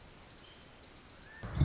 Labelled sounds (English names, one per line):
Pacific Wren